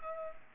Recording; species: mosquito wingbeat signal from an infrared sensor; Culex pipiens